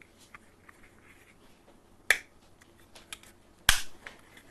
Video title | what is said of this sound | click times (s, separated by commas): RGBtoHDMI Getting Started | and it should click into place | 2.1 s, 3.7 s